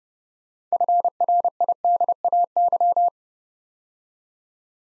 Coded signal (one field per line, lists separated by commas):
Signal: Morse code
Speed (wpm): 30 wpm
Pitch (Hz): 700 Hz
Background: none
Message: FRIDAY